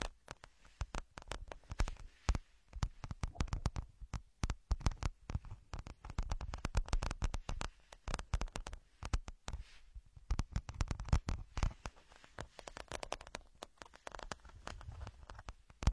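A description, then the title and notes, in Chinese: Ear picking: a dense, irregular stream of sharp crackles, scratches and clicks fills all sixteen seconds with no pause. Soft, muffled thumps and low rubbing sit under the crisp ticks, and a few louder pops stand out near the middle. 抠耳朵（声控助眠）。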